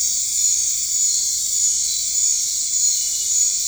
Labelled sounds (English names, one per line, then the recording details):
none
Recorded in dense forest near Puerto Asís, Putumayo, Colombia, on 19 March 2025 at 21:00
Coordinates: 0.485, -76.318
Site G056